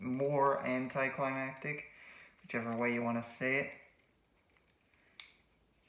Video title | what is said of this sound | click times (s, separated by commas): B-173 Lucifer The End 皇 Drift! Beyblade Burst Sparking Unboxing | okay so so that didn't lock in correctly | none